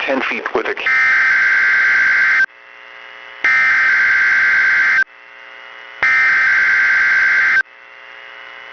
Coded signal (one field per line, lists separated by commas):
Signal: Emergency Alert System (SAME) tones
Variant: header bursts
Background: speech